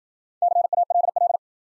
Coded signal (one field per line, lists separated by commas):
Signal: Morse code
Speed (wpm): 53 wpm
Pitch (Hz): 700 Hz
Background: none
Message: CALL